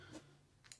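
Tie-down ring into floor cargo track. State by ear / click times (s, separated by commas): seated / 0.7 s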